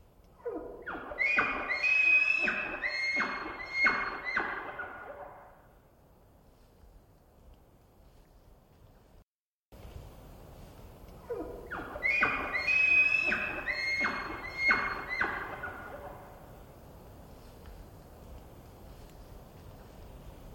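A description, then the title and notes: An elk bugles twice, a high whistling call breaking into rapid chuckling grunts, about eight seconds apart, over a soft distant river wash. Roosevelt Elk Bugle into Chuckle. Roosevelt Elk, or Rainforest Elk or Olympic Elk, selected from a brief trip in late September 2023. Recorded in the Queets and Quinalt Rainforest River Valleys, there's often an unavoidable distant wash of river in the background, so each example is very lightly processed with the unprocessed source immediately following. I record elk by leaving recorders out in the field where herds are known to migrate.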